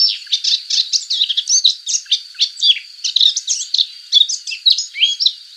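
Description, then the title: Subalpine warbler song, a fast scratchy chatter of high twittering notes, running almost without pause. "Sylvain Jaskowiak - Mes piafs. Fauvette passerinette"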